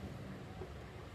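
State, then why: Not seated. The tool-less side panel of a Synology DiskStation DS923+ drive tray is pressed against a 3.5-inch hard disk and pushed in. Only a steady low rumble and broadband noise are heard, with no sharp transients. Nothing has seated or clicked yet.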